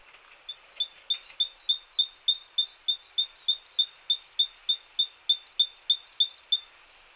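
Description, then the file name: Great tit song, a steady run of rapid high three-note phrases for about six seconds before stopping. "Parus major"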